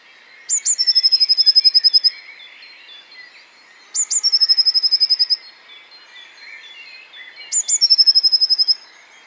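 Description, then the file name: Eurasian blue tit song: two high notes leading into a long, even trill, given three times about every three and a half seconds. "Cyanistes caeruleus"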